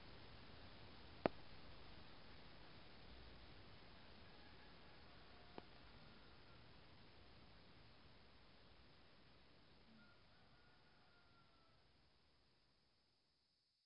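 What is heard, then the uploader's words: A rural afternoon outside a town in northern Laos: a steady, soft hiss of open-air background fills the scene. A sharp click lands early on and a fainter tap comes midway, while faint calls drift through near the end before the sound fades out. Laos - rural afternoon sounds. Ambient nature sounds just outside of Luang Namtha, in northern Laos.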